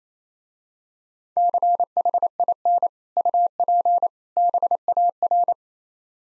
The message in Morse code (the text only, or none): CHIN UP BAR